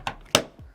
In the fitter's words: kind of snap in place